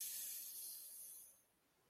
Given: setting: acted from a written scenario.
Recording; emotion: vocal sound without words; desire